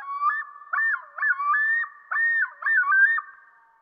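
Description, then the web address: Common Loon calling: a run of looping, up-and-down wavering phrases repeated several times, over a steady background tone. "Dan Gibson Wildlife Identification By Sound, Eastern North America Pt 1. Common Loon"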